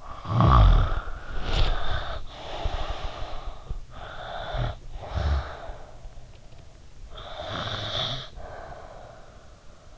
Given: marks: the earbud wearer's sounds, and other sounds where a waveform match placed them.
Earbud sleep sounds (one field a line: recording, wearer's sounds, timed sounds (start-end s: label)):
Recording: sounds in sleep by an in-ear microphone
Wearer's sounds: snoring breath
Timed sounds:
0.00-3.67 s: snoring breath
3.93-6.14 s: snoring breath
7.09-9.56 s: snoring breath